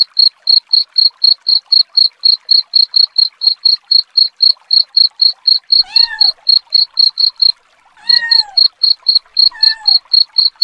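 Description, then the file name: Cricket gives rapid, regular chirps, broken by a brief pause, with three short cat meows in the second half. Cricket chirping combined with cat sounds, presented as a rat repellent. "suara kucing dan jangkrik pengusir tikus"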